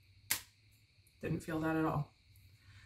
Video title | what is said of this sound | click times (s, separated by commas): Mounjaro Injection VLOG: High Frequency Therapy! Tirzepatide Week 22 | there's two clicks. The first one is the needle coming down and dispensing the meds. | 0.3 s